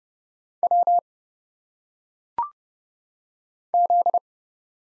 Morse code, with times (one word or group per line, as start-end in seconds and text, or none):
0.6-1.0 W
3.7-4.2 Z